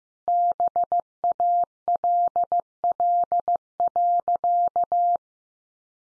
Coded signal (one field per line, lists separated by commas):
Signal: Morse code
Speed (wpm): 15 wpm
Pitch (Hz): 700 Hz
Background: none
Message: BALL.